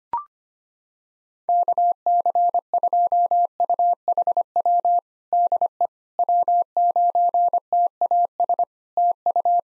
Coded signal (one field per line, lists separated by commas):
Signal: Morse code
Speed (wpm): 25 wpm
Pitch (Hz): 700 Hz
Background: none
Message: KC2UHW DE W9TAS TU